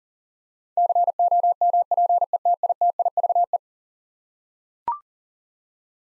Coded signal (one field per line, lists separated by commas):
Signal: Morse code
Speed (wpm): 40 wpm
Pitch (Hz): 700 Hz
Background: none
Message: COMPETITIVE